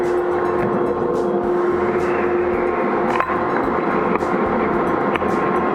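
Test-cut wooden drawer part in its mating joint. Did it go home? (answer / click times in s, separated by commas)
yes / 3.2 s, 4.2 s, 5.2 s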